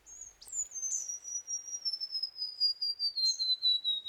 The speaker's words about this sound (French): Ça c'est un petit oiseau brésilien assez commun qui s'appelle la paruline. Qu'est-ce qui fait pour une paruline qu'un chant appartient à son espèce ? C'est le fait d'avoir une descente en fréquence régulière avec une certaine pente de fréquence.